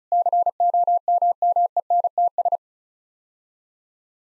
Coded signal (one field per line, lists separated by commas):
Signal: Morse code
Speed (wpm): 34 wpm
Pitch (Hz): 700 Hz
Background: none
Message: COMMENTS